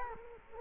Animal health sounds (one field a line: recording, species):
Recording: mosquito wingbeat signal from an infrared sensor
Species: Culex quinquefasciatus